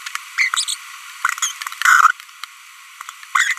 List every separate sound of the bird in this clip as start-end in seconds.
0.38-0.48, 0.54-0.64, 0.68-0.74, 1.43-1.51, 1.82-2.11, 3.35-3.53